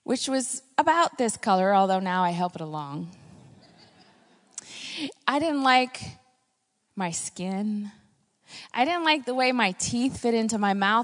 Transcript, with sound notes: which was about this color, although now I help it along. (laughter) I didn’t like my skin, and I didn’t like the way my teeth fit into my mouth.